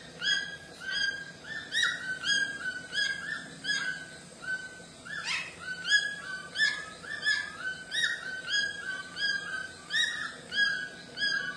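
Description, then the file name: White-throated toucan song: continuous run of nasal yelps, roughly one and a half per second, broken by a single loud harsh note partway through. "canto do tucano grande de papo branco"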